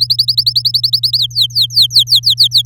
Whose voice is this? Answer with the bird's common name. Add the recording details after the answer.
Domestic Canary. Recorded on 6 May 2018 at 10:27. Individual llb16